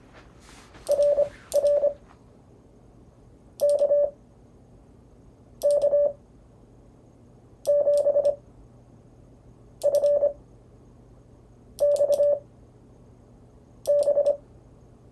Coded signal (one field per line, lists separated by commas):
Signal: Morse code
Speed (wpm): 26 wpm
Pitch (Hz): 580 Hz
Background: none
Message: RR KK7FXB